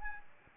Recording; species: mosquito wingbeat signal from an infrared sensor; Anopheles arabiensis